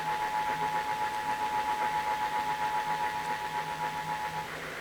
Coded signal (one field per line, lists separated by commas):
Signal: Emergency Alert System (SAME) tones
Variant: 853 and 960 Hz attention tone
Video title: Monthly EAS Tests vs a TRIPOD (EAS Tests from 12/12/23) (EAS #1,258-1,267)